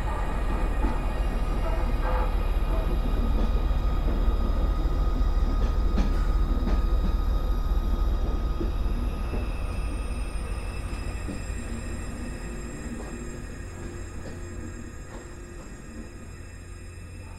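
Inside the gangway of a moving train, a heavy low rumble fills the space with rattling and squeaks, and faint steady tones ring above it. After about ten seconds the noise eases and thins as the train slows, leaving a quieter hum and occasional knocks.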